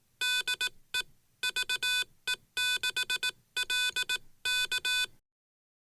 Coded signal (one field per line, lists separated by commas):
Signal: Morse code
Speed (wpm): 18 wpm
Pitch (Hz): 1500 Hz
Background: none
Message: DE VE6LK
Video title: Mosquito protection for drive-up POTA activations